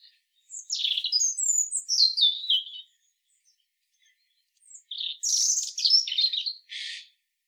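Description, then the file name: European robin song: two bursts of bright, tumbling high notes, the first full of descending slurred whistles, the second a scratchy twitter ending in a short buzzy note. "Erithacus rubecula"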